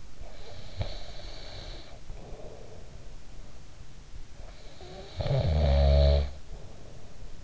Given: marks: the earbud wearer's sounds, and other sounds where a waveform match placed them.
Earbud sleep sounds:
sounds in sleep by an in-ear microphone; snoring breath
0.06-2.96 s: snoring breath
4.42-7.44 s: snoring breath

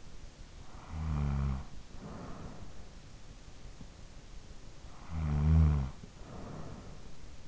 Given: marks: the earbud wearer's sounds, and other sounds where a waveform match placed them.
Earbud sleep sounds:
sounds in sleep by an in-ear microphone; snoring breath
0.38-3.19 s: snoring breath
4.68-7.48 s: snoring breath

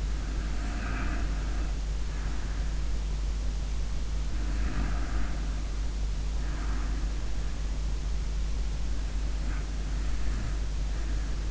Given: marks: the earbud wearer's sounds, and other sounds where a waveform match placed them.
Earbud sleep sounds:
sounds in sleep by an in-ear microphone; breath
0.00-3.13 s: breath
4.31-7.37 s: breath
8.83-11.51 s: breath

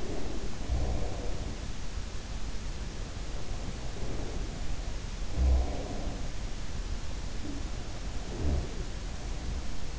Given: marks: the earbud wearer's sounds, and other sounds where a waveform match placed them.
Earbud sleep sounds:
sounds in sleep by an in-ear microphone; breath
0.00-2.00 s: breath
3.84-6.56 s: sound from someone else or the room
7.27-9.11 s: sound from someone else or the room

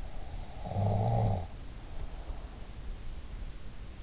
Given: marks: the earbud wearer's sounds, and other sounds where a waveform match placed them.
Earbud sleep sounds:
sounds in sleep by an in-ear microphone; snoring breath
0.40-3.05 s: snoring breath

